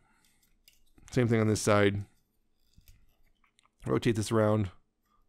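Someone talks while rotating a plastic leg section of a Transformers Legacy Victory Saber transforming robot toy, with faint plastic clicks and handling taps between the words. The leg has not clicked into place yet, and nothing has seated.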